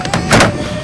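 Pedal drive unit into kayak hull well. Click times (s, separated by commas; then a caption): 0.1 s. A Mirage Drive pedal propulsion unit is dropped into the well of a kayak hull and snaps and locks in place, with two sharp clicks close together at about 0.1 s. A louder, broad rushing burst follows from about 0.3 to 0.5 s, over a steady mid-pitched tone that runs through the clip. The drive ends up seated and locked in the hull.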